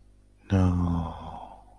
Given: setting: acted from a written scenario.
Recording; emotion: vocal sound without words; shame